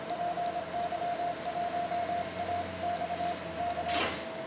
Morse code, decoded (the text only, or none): PY1AX K